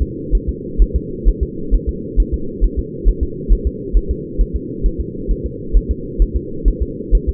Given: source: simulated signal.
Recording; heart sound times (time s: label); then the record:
fetal heart sounds
0.02 s: S2
0.35 s: S1
0.49 s: S2
0.82 s: S1
0.96 s: S2
1.28 s: S1
1.43 s: S2
1.75 s: S1
1.89 s: S2
2.20 s: S1
2.34 s: S2
2.64 s: S1
2.79 s: S2
3.09 s: S1
3.23 s: S2
3.53 s: S1
3.67 s: S2
3.97 s: S1
4.11 s: S2
4.41 s: S1
4.56 s: S2
4.86 s: S1
5.01 s: S2
5.31 s: S1
5.46 s: S2
5.76 s: S1
5.91 s: S2
6.22 s: S1
6.37 s: S2
6.68 s: S1
6.82 s: S2
7.15 s: S1
7.29 s: S2
From the record:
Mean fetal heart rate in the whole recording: 130 bpm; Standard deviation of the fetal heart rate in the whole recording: 2 bpm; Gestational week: 36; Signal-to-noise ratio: -4.3 dB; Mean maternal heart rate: 72 bpm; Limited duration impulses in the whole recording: absent